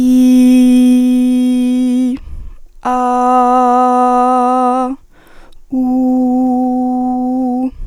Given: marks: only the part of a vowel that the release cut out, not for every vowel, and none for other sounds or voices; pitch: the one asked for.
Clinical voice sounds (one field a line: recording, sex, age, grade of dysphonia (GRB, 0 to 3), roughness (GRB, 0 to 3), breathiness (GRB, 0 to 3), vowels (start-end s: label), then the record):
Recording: sustained vowels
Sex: female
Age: 18 to 19 years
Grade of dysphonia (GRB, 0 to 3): 0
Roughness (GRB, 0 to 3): 0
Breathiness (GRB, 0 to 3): 0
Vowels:
0.00-2.01 s: vowel /i/, normal pitch
2.92-4.43 s: vowel /a/, normal pitch
5.82-7.57 s: vowel /u/, normal pitch
From the record:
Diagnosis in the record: healthy voice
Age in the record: 19 years